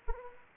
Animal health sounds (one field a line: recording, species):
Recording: mosquito wingbeat signal from an infrared sensor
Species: Anopheles gambiae